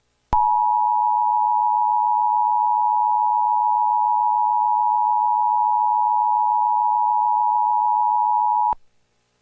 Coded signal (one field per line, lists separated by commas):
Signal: Emergency Alert System (SAME) tones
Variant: 853 and 960 Hz attention tone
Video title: EAS SCENARIO #11 - A Terrible Tornado Outbreak